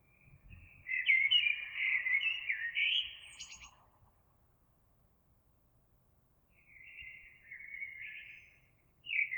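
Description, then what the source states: Eurasian blackbird song: a full, fluting warble with a scratchy high flourish, a pause of a few seconds, then a softer phrase and the start of the next. Recorded 26 April 2022.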